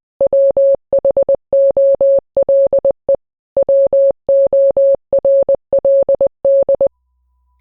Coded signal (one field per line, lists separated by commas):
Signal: Morse code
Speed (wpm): 20 wpm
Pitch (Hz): 550 Hz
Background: none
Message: WHOLE WORLD